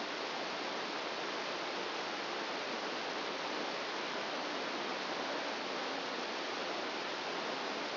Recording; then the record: brain microelectrode recording played as sound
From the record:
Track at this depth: outside the subthalamic nucleus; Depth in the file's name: -1.109 mm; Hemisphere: right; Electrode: 2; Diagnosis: Parkinson's disease